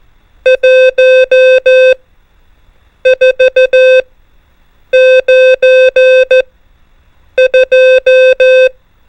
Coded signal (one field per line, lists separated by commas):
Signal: Morse code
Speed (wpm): 14 wpm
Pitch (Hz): 520 Hz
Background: music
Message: 1 4 9 2